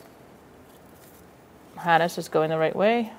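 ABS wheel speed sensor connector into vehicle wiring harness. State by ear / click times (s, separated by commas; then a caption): not seated / none. The front ABS wheel speed sensor connector on a 2004-2009 Mazda 3 2.3L L4 is lined up with the vehicle wiring harness, and the harness routing is checked before the plug is pushed home. After about 1.8 seconds of quiet, low background noise, someone talks through the rest of the clip. The connector has not been plugged in or clicked yet.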